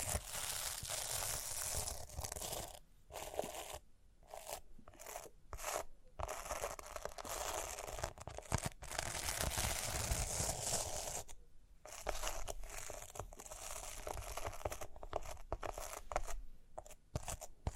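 Scratching and brushing over rhinestones, a dense, hissy, crackling texture that runs almost without let-up. The rubbing stops abruptly for brief silences, clustered around the 3-to-6-second mark and again near 12 and 17 seconds, then resumes just as thick.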